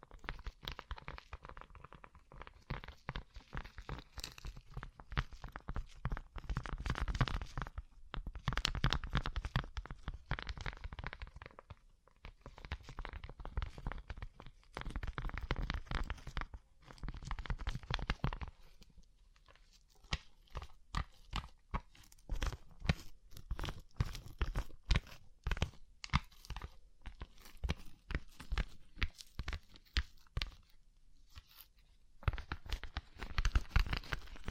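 Fingers tap on a rhinestone-covered surface in quick, dense bursts of crisp, clicky strikes that run nearly the whole 35 seconds. The tapping has bright, gritty edges with a faint crunching quality and pauses briefly around 8, 12, 19 and 32 seconds.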